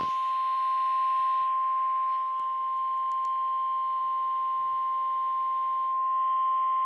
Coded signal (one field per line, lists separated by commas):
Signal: Emergency Alert System (SAME) tones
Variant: 1050 Hz attention tone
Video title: 6-6-18 Svr Tstorm Watch 156 [EAS 49]